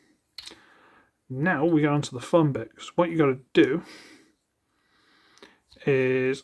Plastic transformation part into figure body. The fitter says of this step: Make sure this is up and locked into place.